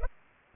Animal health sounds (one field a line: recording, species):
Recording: mosquito wingbeat signal from an infrared sensor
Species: Culex pipiens